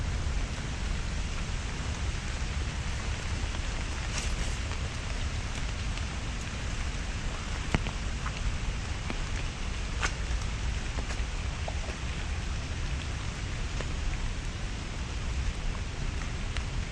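Steady rain falls in Central Park, a dense, even hiss with a low rumble underneath that holds constant for the whole stretch. Brief sharper ticks and taps of drops break through every second or so, with a few louder ones around the middle.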